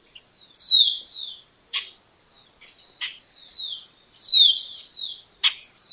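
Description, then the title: Baywing calling with sweet descending whistles, some paired, broken by several abrupt clicking chips, with faint high twitters between. "LuckyPassaro Completos2Sama. Baywing (Agelaioides badius)"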